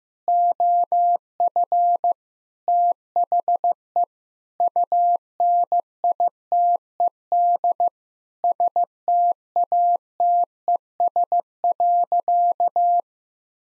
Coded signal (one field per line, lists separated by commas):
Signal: Morse code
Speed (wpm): 15 wpm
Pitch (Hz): 700 Hz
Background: none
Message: OF THE UNITED STATES.